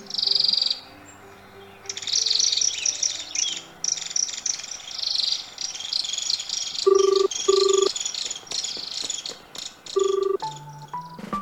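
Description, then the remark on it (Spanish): A green and red bird at a house chatters in busy, high-pitched chirps and squeaks almost without pause, with a few lower tonal beeps cutting in near the end. No one speaks. “Hay unas aves en mi casa. Comen semillas y sembas. Y acá en colores, sus plumas son verde y rojo.”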